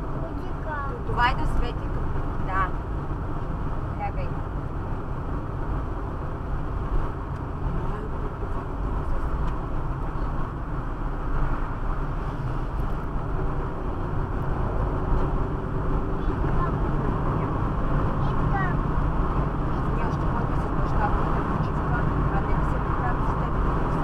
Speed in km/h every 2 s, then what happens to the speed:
66, 66, 66, 65, 65, 66, 69, 74, 80, 81, 81, 80.
0-10 steady at about 66. 10-16 speeds up to 80. 16-24 steady at about 80.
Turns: none.